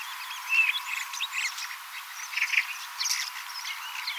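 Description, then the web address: Common starling song, sparse whistled notes, short squeaks and clicking bursts, a clear whistle early on, with quieter gaps between phrases. Young starlings singing and practising song, mimicking several other species a little; 18 October 2024. "paivat 18 10 2024 kasittaakseni kottaraisnuoret laulavat lauluharjoittelevat useita lajeja matkivat hiukan"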